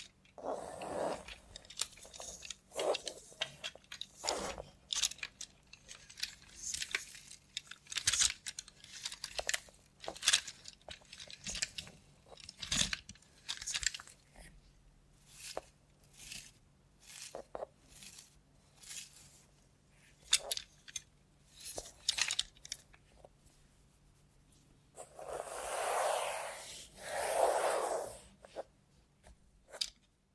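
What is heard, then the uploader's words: ASMR sounds made with a robot hand, no talking: a rapid string of short crisp taps, clicks and crunchy scratches, irregular and fairly dense through the first twenty seconds. A low steady hum runs underneath, and near the end two longer, louder rustling swells stand out. Try ASMR with a Robot Hand (No Talking).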